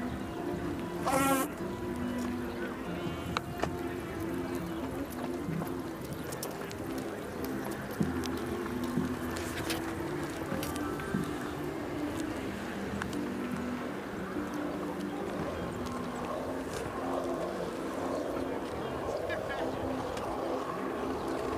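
Hundreds of people go about their activities on the Tempelhofer Freiheit in Berlin, a dense, steady murmur of voices mixed with low rumbling. Scattered sharp clicks and knocks break through, and a brief whistling or squeaking sound rises just after the first second.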